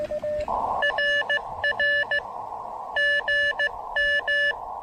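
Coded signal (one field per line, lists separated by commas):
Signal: Morse code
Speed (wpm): 15 wpm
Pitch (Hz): 1750 Hz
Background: none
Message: RR GM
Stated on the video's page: Morse during a SOTA summit activation in gusty wind.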